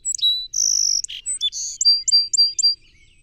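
Song sparrow singing: opening slurred note, a long high buzz, a rasping note, another buzz, then an even series of repeated whistled notes.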